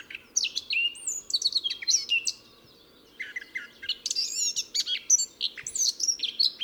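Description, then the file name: Eurasian blackcap warbling song in two bursts of quick, varied chattering and clear whistled notes, split by a brief pause. "Sylvia atricapilla"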